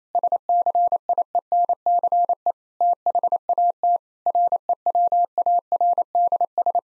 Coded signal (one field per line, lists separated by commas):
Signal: Morse code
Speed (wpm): 27 wpm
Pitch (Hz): 700 Hz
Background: none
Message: SCIENCE THAT REWARDS